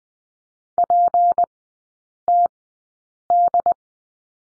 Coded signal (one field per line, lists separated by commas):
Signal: Morse code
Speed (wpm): 20 wpm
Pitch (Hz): 700 Hz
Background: none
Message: PTD